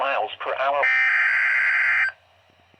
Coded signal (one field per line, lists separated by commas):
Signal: Emergency Alert System (SAME) tones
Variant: header bursts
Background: speech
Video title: HELPLESS - EAS Alerts from 3/14/24 to 3/15/24 #12-20